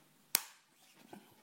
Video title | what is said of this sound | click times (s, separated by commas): Test de l'étui pour iPad 2 Novodio Carbon Book Stand | vous entendez l'éclipse voilà | 0.3 s